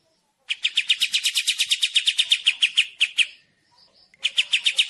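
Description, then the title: Kapas tembak and Cililin: songbird song: a fast series of bright, sharp chirped notes, several per second, a brief pause, then the same rapid series resumes. Combined songbird-training song of two birds, long duration, clear sound. "Masteran Kombinasi KAPAS TEMBAK VS CILILIN Jernih Durasi Panjang"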